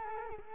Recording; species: mosquito wingbeat signal from an infrared sensor; Culex quinquefasciatus